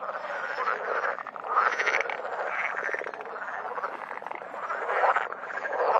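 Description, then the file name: Water frog croaking in a dense chorus, rough pulsed rattles overlapping and swelling in waves. "grenouille verte"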